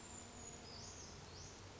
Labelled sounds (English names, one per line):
Brown Creeper